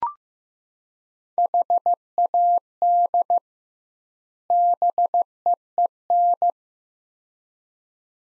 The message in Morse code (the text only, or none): HAD BEEN